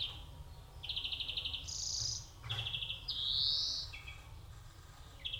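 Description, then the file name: European greenfinch alternating rapid even trills with a long rising nasal wheeze and a brief higher buzz, against a quiet low hum. "Chloris chloris"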